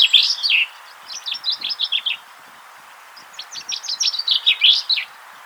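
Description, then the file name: Common chaffinch song: the loud end of one phrase, then two more phrases of quick notes separated by about a second of quiet, the last ending in a louder flourish. "Fringilla coelebs"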